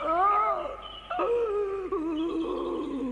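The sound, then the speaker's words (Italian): Someone crying in the distance in a forest: a high, wavering wail that rises and falls for about three seconds, with a brief catch partway through and no talking. “Qualcuno in lontananza stava piangendo.”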